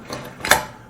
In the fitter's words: you hear it lock out there